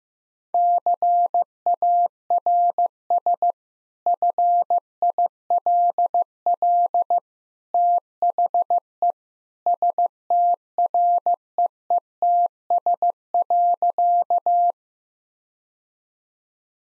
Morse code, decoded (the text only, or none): CARS FILL THE STREETS.